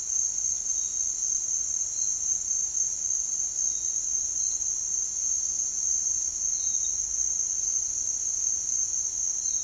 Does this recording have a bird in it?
no